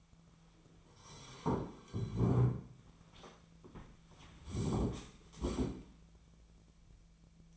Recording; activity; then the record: daily activity, microphone in the room; sit down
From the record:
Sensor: 1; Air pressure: 1008.2 hPa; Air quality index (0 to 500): 192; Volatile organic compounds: 17 ppm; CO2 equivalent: 2597 ppm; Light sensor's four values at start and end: 15/37/15/17 and 15/38/15/17